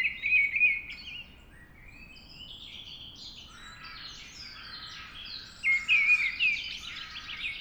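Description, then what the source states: Mistle Thrush sings a wavering fluty phrase, falls quiet, then sings again after about five seconds, over steady twittering from other birds. Singing at dawn.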